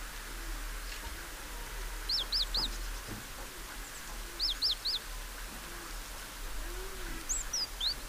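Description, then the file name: Great tit calls: two bursts of three quick, high, slurred notes a couple of seconds apart, followed by a few separate thin notes near the end. "Parus major"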